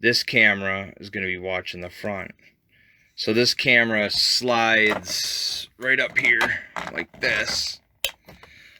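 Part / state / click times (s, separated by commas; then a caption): trail camera into its mounting bracket / seated / 8.0 s. Someone talks while a trail camera meant to watch the front is slid up into its mounting bracket. A sharp tick at 8.1 s marks the camera locking in place, followed by a couple of faint small clicks.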